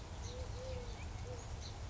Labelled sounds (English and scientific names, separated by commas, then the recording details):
Eurasian Collared Dove (Streptopelia decaocto)
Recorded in Sonoma County, California